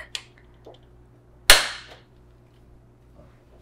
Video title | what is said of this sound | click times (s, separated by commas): Ultimate Guide: How to Deep Clean your SNOO by an Expert (Snoo Mesh Removal) | find the middle part lift up and push in until you hear a click | 1.5 s